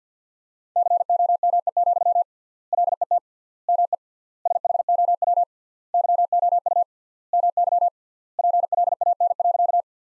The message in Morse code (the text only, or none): COME, LET ME SHOW YOU MY PLAN.